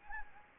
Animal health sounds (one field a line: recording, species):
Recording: mosquito wingbeat signal from an infrared sensor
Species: Anopheles gambiae